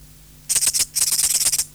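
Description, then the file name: Ancylecha katydid making very high, dry rasping stridulation in rapid pulses, one short burst then a longer run of about ten pulses, over a faint low hum. "Ancylecha sp"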